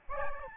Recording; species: mosquito wingbeat signal from an infrared sensor; Aedes albopictus